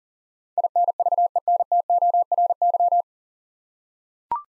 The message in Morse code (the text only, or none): INVENTORY